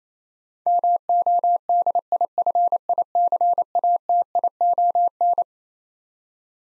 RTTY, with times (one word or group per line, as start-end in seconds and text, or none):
none